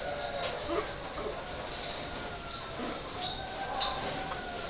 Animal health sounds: poultry house recording; sick chickens (respiratory disease)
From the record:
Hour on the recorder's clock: 15

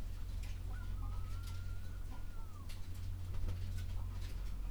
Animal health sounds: poultry house recording; sick chickens (respiratory disease)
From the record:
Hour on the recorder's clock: 11

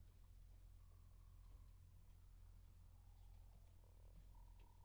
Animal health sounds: poultry house recording; healthy chickens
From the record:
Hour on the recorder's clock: 0

